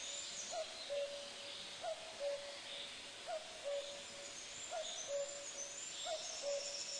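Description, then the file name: Common cuckoo calling its two-note cu-coo, the second note lower, repeated about every 1.4 seconds, five times, over a steady hiss. "kukulka"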